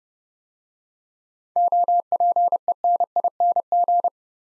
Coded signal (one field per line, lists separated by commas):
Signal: Morse code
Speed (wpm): 30 wpm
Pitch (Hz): 700 Hz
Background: none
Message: OPENING